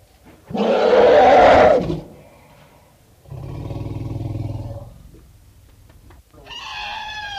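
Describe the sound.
Elephant calls: a harsh roar, then a lower harmonic rumbling call, then a higher tonal trumpet-like note at the end.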